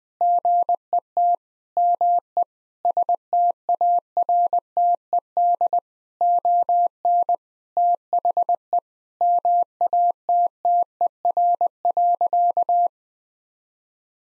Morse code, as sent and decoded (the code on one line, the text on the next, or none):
--. . - / -- . / ... - .- .-. - . -.. / --- -. / - .... . / -- .- - - . .-. .-.-.-
GET ME STARTED ON THE MATTER.